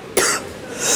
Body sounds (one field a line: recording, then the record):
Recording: coughing mixed with background sound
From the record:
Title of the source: 34 coughing up crap again